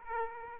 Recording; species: mosquito wingbeat signal from an infrared sensor; Aedes aegypti